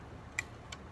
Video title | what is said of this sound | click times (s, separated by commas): Fixing Trumpet Issues | and that little click | 0.4 s